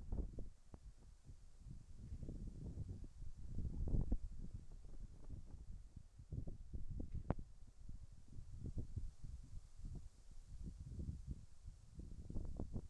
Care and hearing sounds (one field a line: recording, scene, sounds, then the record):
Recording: everyday scene through a hearing-aid microphone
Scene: wind on the microphone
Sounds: wind, whistling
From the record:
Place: in front of a rural house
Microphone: behind the ear, right, front